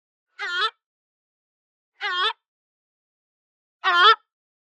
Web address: ibis hadeda call